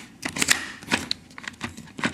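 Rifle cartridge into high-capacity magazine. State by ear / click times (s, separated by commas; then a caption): not seated / none. A final rifle cartridge is pressed into a nearly full KCI USA 100-round high-capacity magazine that has been hard to load. Short scraping and tapping sounds come at about 0.3, 0.4, 0.5, 0.9, 1.1 and 2.1 seconds, with quieter rustling between them. The round has not seated or clicked into the magazine.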